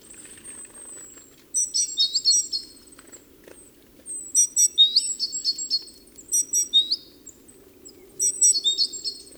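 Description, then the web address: Great tit uttering clusters of sharp, quickly repeated chirps in bursts separated by short pauses, starting with a thin descending whistle. "SETE Parus major"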